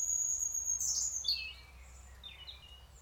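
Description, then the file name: European robin, a long thin high whistle followed by a burst of sharp descending squeaky notes, fading into soft twittering. "Erithacus rubecula"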